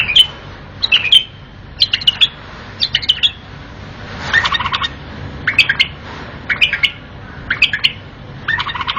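Bulbul chirping in short bright bursts, clusters of two or three notes repeated roughly every second, over a faint steady low hum.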